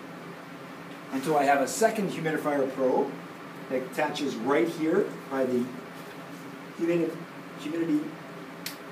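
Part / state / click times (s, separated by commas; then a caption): temperature probe into heated humidifier circuit port / seated / 8.7 s. Someone talks while a second humidifier temperature probe is attached to the port of a heated humidifier ventilator circuit by the humidity pot. A short, sharp click is heard at 8.7 s as the probe seats into place.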